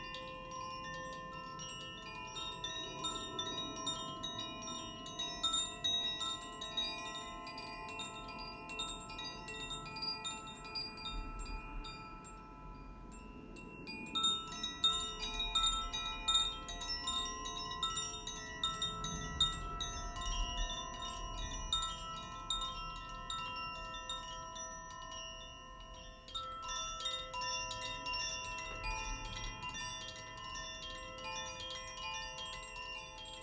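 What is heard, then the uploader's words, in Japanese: Wind chimes of the air and fire elements ring continuously, their bright, sustained tones overlapping in a dense shimmer of light strikes. The ringing thins briefly around 12 and 26 seconds before fresh clusters of strikes return. A soft low rumble sits underneath throughout. 獅子座満月にチャイムを奏でました。風と火のエレメントのコシチャイムとザフィアチャイムの演奏です。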